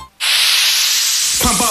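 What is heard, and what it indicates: A single steady, high-pitched hiss lasts about 1.2 seconds, then a voice begins to speak. The sound is the puff of a metered-dose asthma inhaler releasing its spray.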